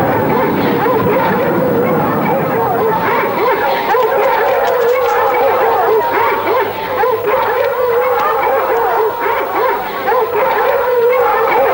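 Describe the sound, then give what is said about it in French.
A pack of hunting hounds, being let loose to give chase, bays and howls together in a loud, continuous chorus, overlapping yelps and drawn-out wavering howls rising and falling without pause. “Je lâcherai les chiens à cette trousse. Mais ils risquent de l'écorcher. La meute! Lâchez toute la meute!”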